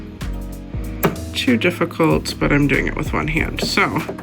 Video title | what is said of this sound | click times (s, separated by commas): Sew With Me! - Zipper Wallet - Small Business Vlog - Small Business Behind the Scenes | we can see it clicked in there and now when I lift my presser foot it grabs it | 1.0 s